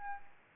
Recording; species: mosquito wingbeat signal from an infrared sensor; Aedes albopictus